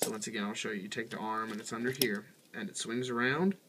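Someone talks while handling the plastic arm of a Transformers Beast Hunters Cyberverse Legion Smokescreen robot toy, swinging it up and around from under the car-door chest panel toward its ratchet joint on the torso. Nothing has seated or clicked yet by the end of the clip.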